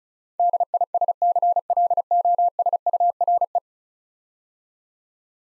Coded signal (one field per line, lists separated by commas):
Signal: Morse code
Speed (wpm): 34 wpm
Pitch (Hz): 700 Hz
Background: none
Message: DISCLOSURE